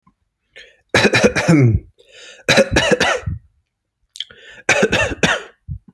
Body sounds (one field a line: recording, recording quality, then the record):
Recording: shallow voluntary cough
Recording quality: excellent, no background noise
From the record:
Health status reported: healthy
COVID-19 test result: not tested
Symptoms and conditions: none ticked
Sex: male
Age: 29 years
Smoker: not ticked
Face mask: not worn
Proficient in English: yes